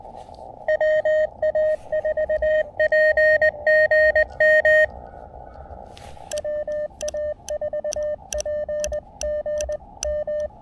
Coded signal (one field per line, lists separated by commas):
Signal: Morse code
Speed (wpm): 20 wpm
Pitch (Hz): 590 Hz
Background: radio noise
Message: WA4PGM WA4PGM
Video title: Back in the Saddle Again! My first POTA activation in weeks!